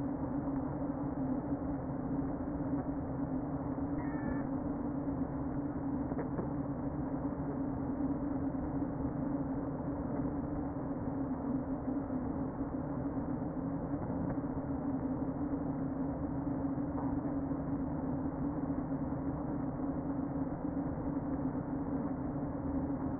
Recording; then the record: honeybee colony, microphone inside the hive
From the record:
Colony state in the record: queen present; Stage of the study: before two queens were removed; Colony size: about 60,000 bees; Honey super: yes